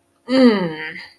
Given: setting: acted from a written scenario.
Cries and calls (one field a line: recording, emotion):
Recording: vocal sound without words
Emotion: contempt